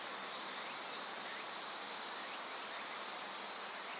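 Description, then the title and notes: Insects sing a dense, even, high-pitched trill without pause. Various insects calling in a dense forest beside the Azusa River, Shinano River system, Shinshu. "信州、川の森の音. 信濃川水系、梓川へやってきました。 川のそばには木々が生い茂る森があり、いろんな虫たちの声を聴くことができました。"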